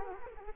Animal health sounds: mosquito wingbeat signal from an infrared sensor; Culex quinquefasciatus

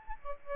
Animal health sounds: mosquito wingbeat signal from an infrared sensor; Aedes albopictus

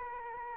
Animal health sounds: mosquito wingbeat signal from an infrared sensor; Anopheles arabiensis

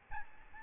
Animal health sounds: mosquito wingbeat signal from an infrared sensor; Aedes albopictus

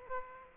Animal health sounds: mosquito wingbeat signal from an infrared sensor; Aedes aegypti

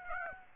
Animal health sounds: mosquito wingbeat signal from an infrared sensor; Aedes aegypti

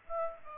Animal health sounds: mosquito wingbeat signal from an infrared sensor; Aedes aegypti

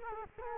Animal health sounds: mosquito wingbeat signal from an infrared sensor; Culex quinquefasciatus

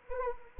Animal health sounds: mosquito wingbeat signal from an infrared sensor; Anopheles arabiensis

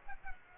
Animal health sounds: mosquito wingbeat signal from an infrared sensor; Culex pipiens

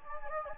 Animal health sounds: mosquito wingbeat signal from an infrared sensor; Anopheles gambiae

